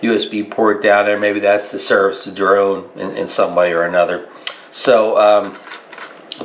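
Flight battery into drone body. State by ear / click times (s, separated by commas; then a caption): seated / 6.3 s. Someone talks while pushing a flight battery into a drone body. A sharp snap is heard at 6.3 seconds as the battery latches, confirming it is seated securely.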